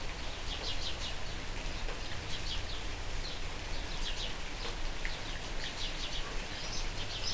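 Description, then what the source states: Birds chirping in rapid high clusters throughout, with one rising thin note near the end, over constant rain noise. Birds calling during rain.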